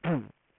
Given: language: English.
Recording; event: throat vibration sensor signal played as sound; throat clearing